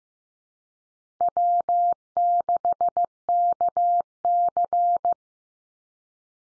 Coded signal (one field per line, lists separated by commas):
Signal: Morse code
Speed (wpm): 15 wpm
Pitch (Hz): 700 Hz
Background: none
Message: W6KC